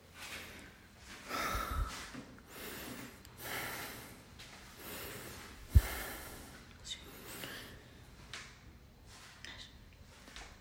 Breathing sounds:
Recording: deep breathing after running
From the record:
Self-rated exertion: vigorous exertion (4 of 6)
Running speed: 7 miles an hour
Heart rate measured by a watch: 138 beats a minute at the start, 137 at the end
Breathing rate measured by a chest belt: 35 breaths a minute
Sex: male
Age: 29 years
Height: 172 cm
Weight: 70 kg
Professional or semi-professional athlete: no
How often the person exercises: 1 to 2 times a week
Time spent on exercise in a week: 3 to 4 hours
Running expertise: no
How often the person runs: 1 to 2 times a week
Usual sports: weight training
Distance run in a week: 20 km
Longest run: 21 km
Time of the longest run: 120 minutes

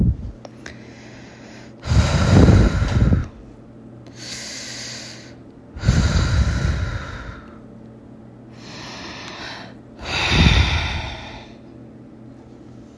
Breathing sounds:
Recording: deep breathing after running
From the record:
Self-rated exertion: light exertion (2 of 6)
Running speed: 6 miles an hour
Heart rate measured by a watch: 99 beats a minute at the start, 101 at the end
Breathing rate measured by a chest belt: 9 breaths a minute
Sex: female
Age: 23 years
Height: 163 cm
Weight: 70 kg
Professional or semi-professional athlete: no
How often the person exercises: 1 to 2 times a week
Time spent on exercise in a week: 1 to 2 hours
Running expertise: no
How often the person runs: 1 to 2 times a week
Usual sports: running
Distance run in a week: 7 km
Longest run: 7 km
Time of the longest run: 50 minutes

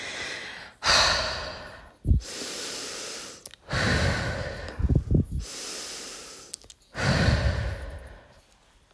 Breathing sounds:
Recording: deep breathing after running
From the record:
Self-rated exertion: vigorous exertion (4 of 6)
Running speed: 6 miles an hour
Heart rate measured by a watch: 139 beats a minute at the start, 138 at the end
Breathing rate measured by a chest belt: 13 breaths a minute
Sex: female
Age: 18 years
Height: 171 cm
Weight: 75 kg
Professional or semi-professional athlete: no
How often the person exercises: 1 to 2 times a week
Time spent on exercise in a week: under 1 hour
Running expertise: no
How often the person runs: 1 to 2 times a week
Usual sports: running, fencing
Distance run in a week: 3 km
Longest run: 21.3 km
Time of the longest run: 190 minutes

